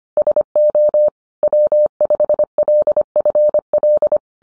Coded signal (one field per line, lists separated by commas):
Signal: Morse code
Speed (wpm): 25 wpm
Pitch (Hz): 600 Hz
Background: none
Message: SO W5LFL